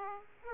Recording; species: mosquito wingbeat signal from an infrared sensor; Aedes aegypti